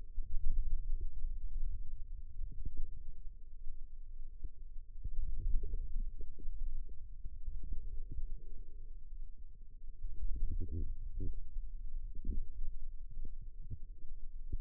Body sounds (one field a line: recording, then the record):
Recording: forearm muscle sounds (acoustic myography)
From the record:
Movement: ulnar deviation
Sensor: system 2, bracelet of six BSWA MPA416 microphones around the upper forearm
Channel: 6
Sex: female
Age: 22 years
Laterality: right